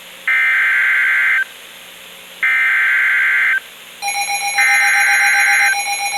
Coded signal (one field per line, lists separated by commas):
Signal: Emergency Alert System (SAME) tones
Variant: header bursts